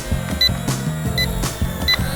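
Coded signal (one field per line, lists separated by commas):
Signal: none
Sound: drone's beeps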